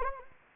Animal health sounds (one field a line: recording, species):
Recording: mosquito wingbeat signal from an infrared sensor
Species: Anopheles gambiae